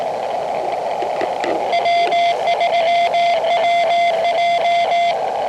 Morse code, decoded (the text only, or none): W3WJ